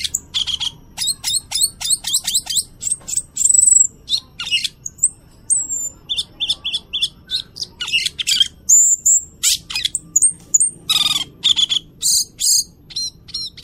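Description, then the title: Cucak keling singing a fast, varied medley of high chirps, clicks and whistled slurs, packed into quick bursts with brief pauses between phrases. Various fill songs (aneka isian). "Cucak Keling EmCeEm"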